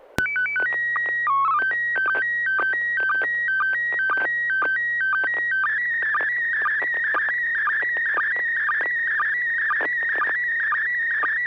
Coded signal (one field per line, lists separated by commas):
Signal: SSTV (slow-scan television)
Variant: PD 120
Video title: N6NA SSTV Net - 03/27/2024